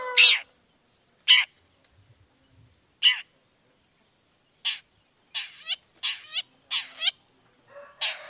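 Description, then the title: Long-tailed shrike uttering loud, scratchy down-slurred notes, spaced at first, then a quicker run of buzzy, chattering calls. Long-tailed shrike singing in the morning with varied 'toet toet' notes, played to provoke other shrikes into responding quickly. "Cendet Gacor Dor Di Kala Pagi Toet Toet Variasi Suara. Cendet Gacor Langsung Nyaut Emosi Hanya dengan Sekali Putar Bikin Cendet Lainya Cepat Respon Bunyi"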